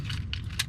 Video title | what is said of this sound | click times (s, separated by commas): How to Rekey a Customer Provided Schlage SC1 Lock Knob Set Brand New & Door Knobs to Customer's Key | your key, and you'll hear it lock in. | 0.3 s